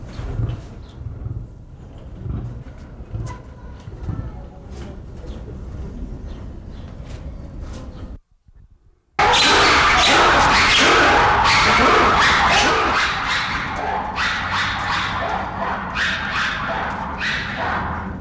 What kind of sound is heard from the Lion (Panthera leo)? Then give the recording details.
call. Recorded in captivity. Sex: male. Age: adult. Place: Zoo Leipzig, Sachsen, DE. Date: 1995-10-25 13:00. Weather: heiter 14°C. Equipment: Sony WM-D6C, Sennheiser ME 80, Kopie Uher 4000 Report Monitor. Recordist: Tembrock, Günter